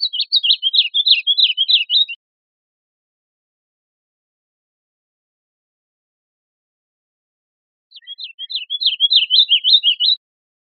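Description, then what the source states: Bird giving a rapid, high chattering trill lasting about two seconds, then silence, then a second matching trill. Recorded on 21 July 2002.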